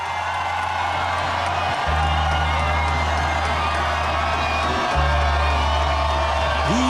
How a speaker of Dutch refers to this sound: Dit is de grootste. Hoort natuurlijk het applaus, hè? Het gastland.